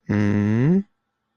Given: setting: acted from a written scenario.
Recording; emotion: vocal sound without words; neutral